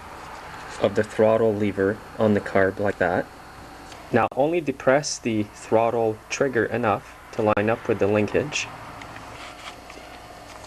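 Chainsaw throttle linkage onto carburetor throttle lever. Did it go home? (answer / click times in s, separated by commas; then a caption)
no / none. Someone talks while the throttle trigger on a Stihl MS 250 chainsaw is depressed slightly so the throttle linkage lines up with the carburetor throttle lever, before it is pressed in to snap home. Two faint, brief sounds come near 9.0 and 9.9 seconds after the talking ends. The linkage has not snapped in yet.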